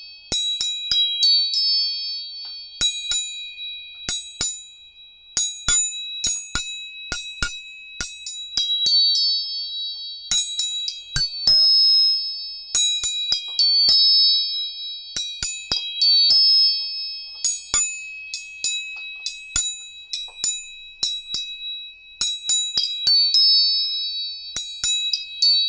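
A tuning fork is struck over and over, each hit giving a bright metallic ding with high ringing overtones that fade within a second or two. A steady, pure high tone hums underneath the whole time, and the strikes come in irregular bursts with small clicks.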